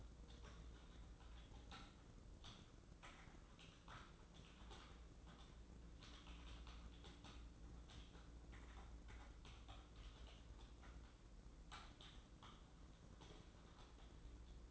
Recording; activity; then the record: daily activity, microphone in the room; typing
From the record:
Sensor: 3